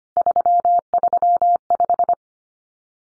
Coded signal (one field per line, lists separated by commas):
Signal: Morse code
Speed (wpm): 25 wpm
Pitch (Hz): 700 Hz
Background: none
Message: 335